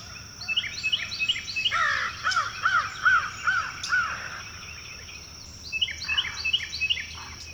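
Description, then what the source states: Crows calling, a run of rapid arched caws at about three a second, with softer calls before and after. Crows passing overhead at dawn.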